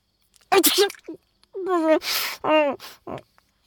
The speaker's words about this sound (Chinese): 展昭打了个喷嚏，揉了揉鼻子